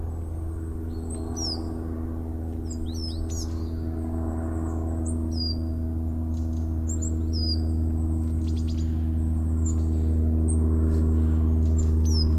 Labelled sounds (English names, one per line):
Coal Tit call